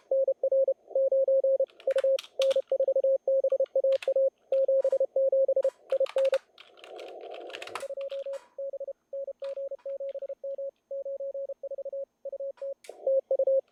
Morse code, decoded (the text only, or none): NR 9 U N4BAA 77 IN 2 B NG7M 94 UT TU